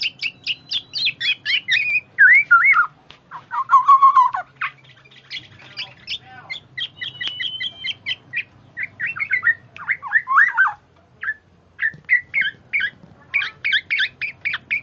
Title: ocehan kepodang BETINA ISTIMEWA, AMPUH untuk panci